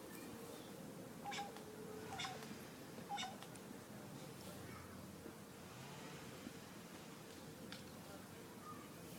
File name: Corvus corone subsong